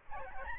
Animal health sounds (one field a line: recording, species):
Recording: mosquito wingbeat signal from an infrared sensor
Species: Aedes albopictus